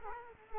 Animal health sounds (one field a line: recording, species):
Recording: mosquito wingbeat signal from an infrared sensor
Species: Culex quinquefasciatus